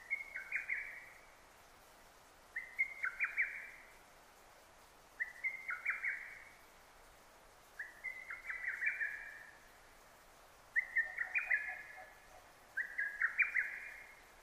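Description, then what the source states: Lesser cuckoo delivering six rapid, stuttering whistled phrases about two and a half seconds apart, with a faint low chirping from another bird near the end. Recorded 6 June 2009.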